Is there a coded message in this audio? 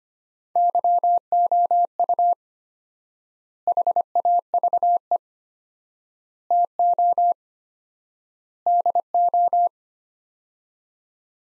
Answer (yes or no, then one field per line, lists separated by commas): yes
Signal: Morse code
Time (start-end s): 0.6-9.7 s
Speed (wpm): 25 wpm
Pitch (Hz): 700 Hz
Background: none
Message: YOU HAVE TO DO